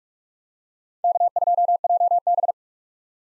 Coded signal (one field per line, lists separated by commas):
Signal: Morse code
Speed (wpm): 47 wpm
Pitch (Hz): 700 Hz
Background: none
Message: K2JB